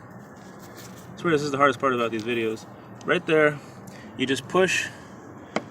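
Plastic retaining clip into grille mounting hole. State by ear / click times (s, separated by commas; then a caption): seated / 5.6 s. Someone talks while a small plastic retaining clip is pushed by hand into a mounting hole on the front grille of a 2016–2019 Honda Civic. A single sharp click at 5.6 s confirms the clip has snapped in and seated.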